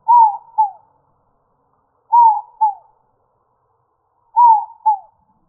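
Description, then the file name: Dove cooing in three evenly spaced phrases, each a downslurred two-note coo, roughly every two seconds, with nothing else audible. "AZFO INDO 5 deviche"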